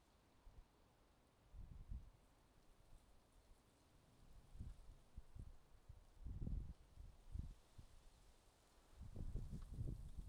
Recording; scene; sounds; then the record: everyday scene through a hearing-aid microphone; wind on the microphone; wind, traffic, birds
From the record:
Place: suburban garden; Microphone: in the ear canal, left